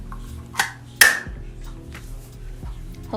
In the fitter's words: you all were able to hear that loud click which means that the sensor is in place and the applicator